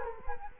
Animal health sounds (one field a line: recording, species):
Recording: mosquito wingbeat signal from an infrared sensor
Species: Culex quinquefasciatus